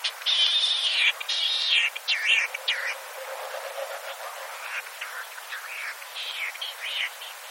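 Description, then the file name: Latham's snipe giving harsh, buzzy calls repeated in quick bursts at first, then fainter scattered notes over a steady hiss. "ojisigi"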